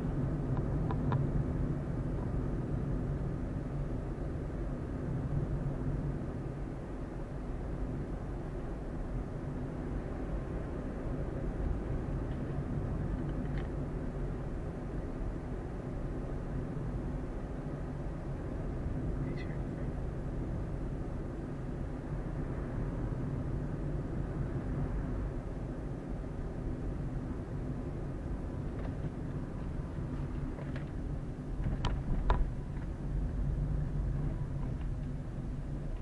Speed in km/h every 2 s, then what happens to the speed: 33, 33, 32, 32, 31, 33, 33, 32, 32, 31, 30, 29, 30, 30, 28, 23, 21, 19.
0-26 steady at about 32. 26-36 slows to 19.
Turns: none.